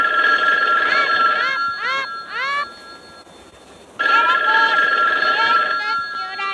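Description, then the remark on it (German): A telephone rings at 6 p.m. in the Three Investigators' headquarters, in two long, bright, trilling bursts separated by a short silence, the shrill warbling tone loud and steady, with some higher chirping sweeps mixed into the first ring. “Um 6 Uhr am Abend klingelte dann in der Zentrale das Telefon.”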